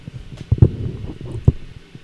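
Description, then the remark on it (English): An air conditioning fan blasting with a steady low rumble and faint hiss, broken by a few dull thumps that give it a throbbing, uneven feel. No one speaks. “That's air conditioning blasting. It's a fan.”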